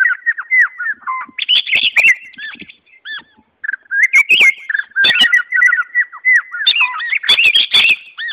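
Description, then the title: White-rumped shama song, repeated downslurred whistles and bright trills broken by sharp clicky bursts, with a brief pause near three seconds. Wild bird singing in forest; natural song. "Kicau Asli Murai Batu Hutan"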